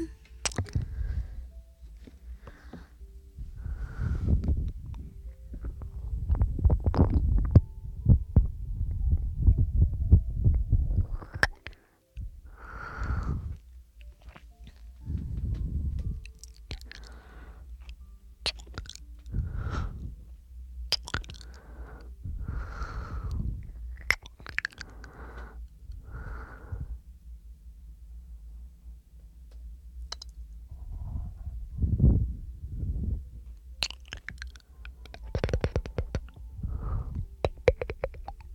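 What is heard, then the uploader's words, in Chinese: Pure breathing sounds: slow, soft breaths come and go as low, airy swells, with a dense, heavier stretch of breathing around 5 to 11 seconds. Quieter, spaced breaths follow, with small clicks and mouth noises scattered throughout and a brief silence near 12 seconds. 纯呼吸声asmr。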